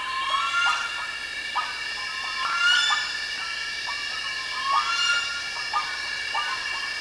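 Bird calls: short whistled notes at irregular intervals, scattered throughout against a constant background hiss.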